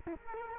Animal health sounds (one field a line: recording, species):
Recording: mosquito wingbeat signal from an infrared sensor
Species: Culex quinquefasciatus